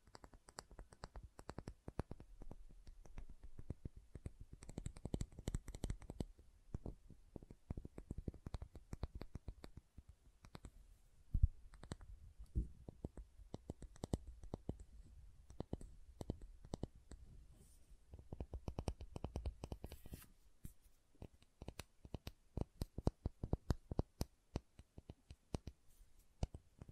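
Soap being tapped and carved, dense quick clicks and scrapes that come in irregular bursts, with a sharp louder knock near eleven seconds.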